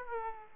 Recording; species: mosquito wingbeat signal from an infrared sensor; Aedes aegypti